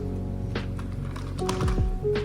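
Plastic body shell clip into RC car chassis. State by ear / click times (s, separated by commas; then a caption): not seated / none. The plastic body shell of a 1/10 scale Hot Wheels R/C Batmobile is being fiddled with and pressed back onto its chassis. Short plastic taps and thunks sound around 0.6, 1.2, 1.4 and 1.5 seconds, over a steady tonal background hum. Nothing has seated or clicked yet.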